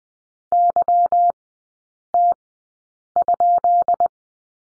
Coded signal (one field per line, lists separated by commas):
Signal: Morse code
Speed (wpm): 20 wpm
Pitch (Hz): 700 Hz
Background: none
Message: YT?